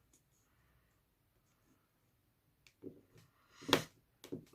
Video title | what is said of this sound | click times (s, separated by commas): 🥰 DIAMOND PAINTING 😉 TOILE PERSONNALISÉE 🤗 FANWELLS 🥰 #fanwells | vous entendez les claques clac-clac | 3.7 s, 4.2 s